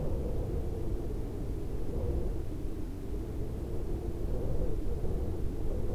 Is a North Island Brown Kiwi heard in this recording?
no